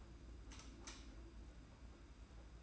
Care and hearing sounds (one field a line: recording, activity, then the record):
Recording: daily activity, microphone in the room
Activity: light off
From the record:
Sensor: 2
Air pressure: 991.8 hPa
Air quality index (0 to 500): 229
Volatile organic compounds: 1000 ppm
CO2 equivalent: 7679 ppm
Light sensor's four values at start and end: 17/48/19/18 and 11/27/11/11